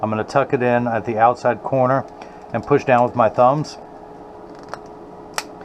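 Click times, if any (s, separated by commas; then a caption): 5.4 s. A freshly edged plastic prescription anti-glare lens is tucked into the outside corner of an eyeglass frame rim and pressed down with the thumbs while someone talks. After a faint tick at 4.7 s, a sharp snap at 5.4 s marks the lens seating in the frame.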